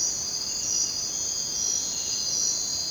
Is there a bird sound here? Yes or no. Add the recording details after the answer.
no. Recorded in dense forest near Puerto Asís, Putumayo, Colombia, on 22 June 2025 at 02:00. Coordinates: 0.484, -76.317. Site G045